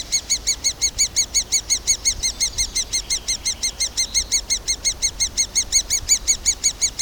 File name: nagy fakopancs hangja